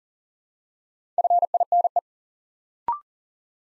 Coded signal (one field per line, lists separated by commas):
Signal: Morse code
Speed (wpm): 37 wpm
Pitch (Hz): 700 Hz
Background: none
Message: FINE